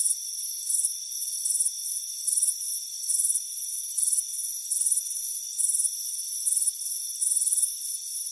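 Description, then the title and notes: High cricket chirps come in repeated bursts, with a steady shrill background trill throughout. Chirping crickets on a warm afternoon on a front porch. "Soothing Crickets Chirping Sound. It's a warm afternoon as you relax in a hammock on the front porch. Relax and fall asleep to the soothing sound of chirping crickets. Deep Sleep Sounds"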